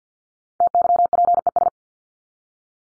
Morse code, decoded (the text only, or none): TYPES